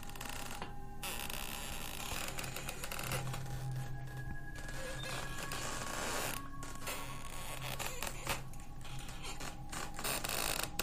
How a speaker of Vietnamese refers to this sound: Điều đáng sợ là cái ghế bắt đầu đưa qua đưa lại, nhịp lên nhịp xuống, phát ra những tiếng ken két.